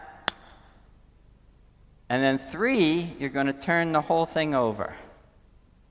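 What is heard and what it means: A plastic lid snaps onto a film canister with a sharp click at 0.3 s, followed by a faint tap and quiet. From about 2.1 s a man talks until around 5.0 s, then the clip settles back to low background noise. The lid is seated.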